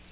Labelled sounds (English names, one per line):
Yellow-rumped Warbler flight call